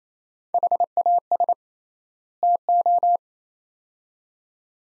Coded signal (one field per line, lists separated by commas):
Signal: Morse code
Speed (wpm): 28 wpm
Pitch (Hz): 700 Hz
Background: none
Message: HAS TO